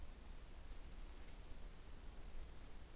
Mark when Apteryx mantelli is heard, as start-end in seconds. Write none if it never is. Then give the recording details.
none. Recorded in New Zealand on 21 November 2014. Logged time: 01:28. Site CL78